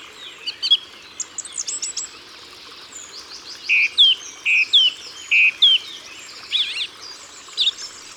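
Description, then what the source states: Song thrush delivering scratchy twittering, then a bright slurred note repeated several times, followed by more varied phrases. Ardèche, France.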